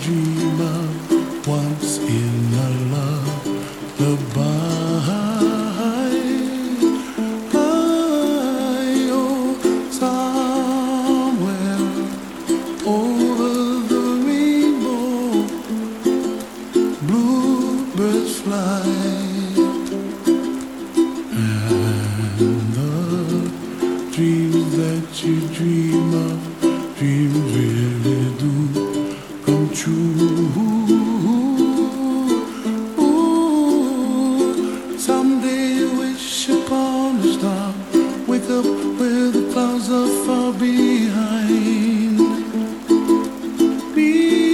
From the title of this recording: rain in background